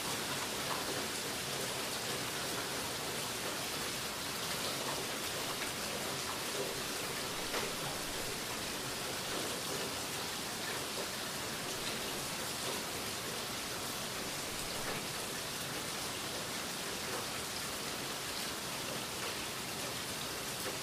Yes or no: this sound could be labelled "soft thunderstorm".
yes